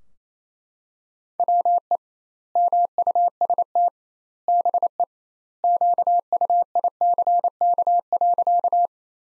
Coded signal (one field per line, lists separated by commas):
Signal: Morse code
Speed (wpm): 27 wpm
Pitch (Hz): 700 Hz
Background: none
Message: WE MUST BE QUICK.